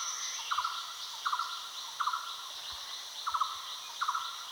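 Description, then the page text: Great iora calling: several short buzzy pulsed notes, repeated at intervals, over a constant high drone. "Great Iora Calls. Quick Sounds"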